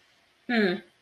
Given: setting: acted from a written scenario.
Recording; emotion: vocal sound without words; neutral